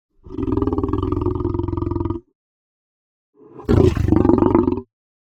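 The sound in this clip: Lion snarling: two harsh, pulsed, growling bursts, the first about two seconds long, the second shorter and rougher after a brief silence.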